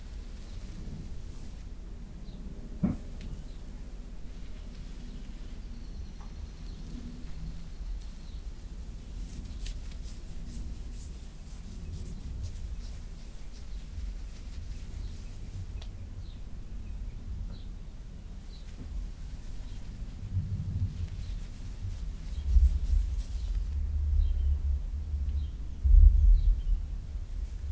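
Fabric rustles and brushes over a steady low rumble. A sharp tap lands near the three-second mark, and longer bursts of bright, hissy rubbing come from about 9 to 16 seconds and again from 20 to 24. Heavier low thumps cluster near the end.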